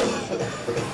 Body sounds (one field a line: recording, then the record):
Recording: coughing mixed with background sound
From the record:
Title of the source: Cough Around the Clock!